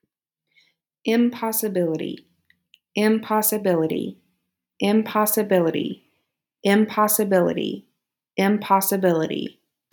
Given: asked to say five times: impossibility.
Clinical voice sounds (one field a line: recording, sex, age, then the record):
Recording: repeated word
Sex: female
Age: 30 to 39 years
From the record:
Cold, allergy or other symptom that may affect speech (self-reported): no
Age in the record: 31 years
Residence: United States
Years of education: 18